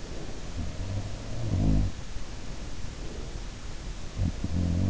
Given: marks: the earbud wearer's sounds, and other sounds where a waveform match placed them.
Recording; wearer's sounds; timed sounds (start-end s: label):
sounds in sleep by an in-ear microphone; breath
0.13-3.47 s: breath
0.68-2.04 s: sound from someone else or the room
3.92-4.90 s: sound from someone else or the room